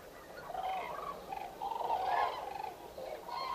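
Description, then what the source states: Common cranes giving overlapping trumpeting calls from several birds at once. Recorded 5 November 2018.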